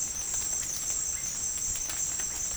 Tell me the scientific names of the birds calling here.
Psarocolius angustifrons